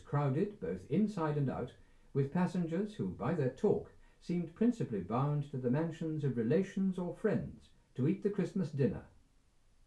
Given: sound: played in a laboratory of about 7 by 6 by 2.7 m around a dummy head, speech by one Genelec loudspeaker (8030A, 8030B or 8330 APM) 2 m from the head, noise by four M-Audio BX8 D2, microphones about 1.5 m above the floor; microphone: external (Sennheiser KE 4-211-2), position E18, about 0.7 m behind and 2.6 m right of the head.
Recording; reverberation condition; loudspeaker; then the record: male speech in English; low; 90 degrees to the right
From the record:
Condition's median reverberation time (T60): about 310 ms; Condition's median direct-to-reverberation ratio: about 3.5 dB